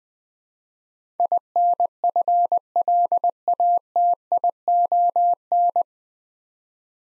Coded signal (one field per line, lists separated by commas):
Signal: Morse code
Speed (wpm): 20 wpm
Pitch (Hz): 700 Hz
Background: none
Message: INFLATION